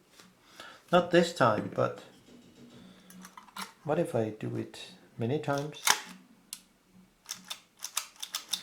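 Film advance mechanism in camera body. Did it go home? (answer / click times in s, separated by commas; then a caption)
partly / 8.0 s. Someone talks while the stuck film advance mechanism with some broken parts in a Mamiya RB67 Professional camera body is cycled repeatedly, giving a series of small metallic clicks near the end. A click comes at 8.0 s, but the mechanism only partly works and does not fully lock into place.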